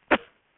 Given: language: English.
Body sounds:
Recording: throat vibration sensor signal played as sound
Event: cough

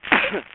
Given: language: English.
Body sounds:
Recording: throat vibration sensor signal played as sound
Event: cough

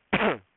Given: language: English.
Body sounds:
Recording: throat vibration sensor signal played as sound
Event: cough

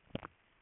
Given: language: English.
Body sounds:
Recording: throat vibration sensor signal played as sound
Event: swallow

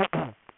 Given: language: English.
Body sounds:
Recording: throat vibration sensor signal played as sound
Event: throat clearing

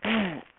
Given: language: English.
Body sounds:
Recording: throat vibration sensor signal played as sound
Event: throat clearing

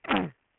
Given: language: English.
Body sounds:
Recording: throat vibration sensor signal played as sound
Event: throat clearing

